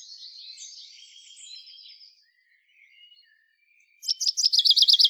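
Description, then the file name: Common chaffinch song: a soft fading tail of high notes, about two seconds of near silence, then a loud fast trill of repeated chipping notes starts and is cut off. "Fringilla coelebs"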